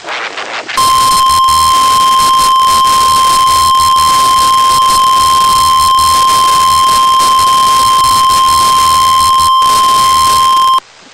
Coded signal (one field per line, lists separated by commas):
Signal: Emergency Alert System (SAME) tones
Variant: 1050 Hz attention tone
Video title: Real NOAA Weather Radio EAS Alert #134